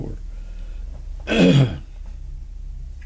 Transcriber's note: clears throat